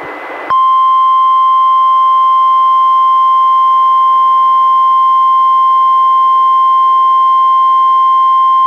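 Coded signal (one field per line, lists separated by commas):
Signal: Emergency Alert System (SAME) tones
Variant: 1050 Hz attention tone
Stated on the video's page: NWS Special Marine Warning relayed by a NOAA Weather Radio station, recorded directly from a weather radio receiver into an audio recorder.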